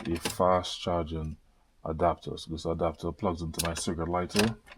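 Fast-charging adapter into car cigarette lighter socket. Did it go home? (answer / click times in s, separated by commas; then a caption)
no / none. Someone talks while handling a fast-charging adapter that plugs into a car's cigarette lighter socket, where it is meant to be pushed in and twisted until it locks. Only speech is heard, with no distinct mechanical sound. The clip ends before the adapter goes home, so nothing has seated or clicked yet.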